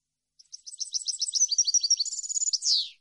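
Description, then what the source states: European goldfinch song: a few soft lead-in notes build into rapid, bright twittering, then a short trill and a loud, descending buzzy ending. Clean goldfinch song intended for birds to copy.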